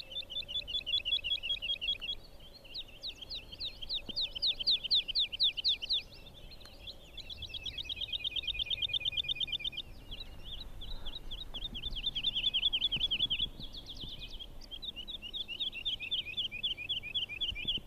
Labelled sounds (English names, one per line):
Wood Lark